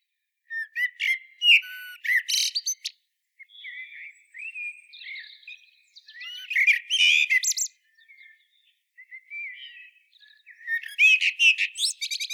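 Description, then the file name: Eurasian blackbird singing repeated phrases, each a gentle warbled whistle ending in sharp, rapid high twitters, several phrases throughout. "Turdus merula"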